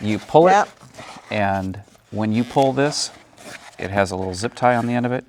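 An insulated outdoor faucet cover has been slid over the faucet handle, and its pull strap, which has a small zip-tie end, is being handled before it is pulled tight to lock around the faucet. Someone talks throughout, with faint crinkling between phrases. Nothing has seated or clicked yet.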